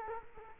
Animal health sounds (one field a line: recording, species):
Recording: mosquito wingbeat signal from an infrared sensor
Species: Culex quinquefasciatus